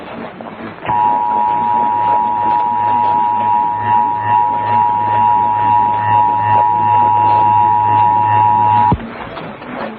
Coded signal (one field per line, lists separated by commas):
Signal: Emergency Alert System (SAME) tones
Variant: 853 and 960 Hz attention tone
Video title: PA/GA RMTS - Pennsylvania/Georgia Monthly Tests (02/16/2022-02/17/2022) - EAS #25-27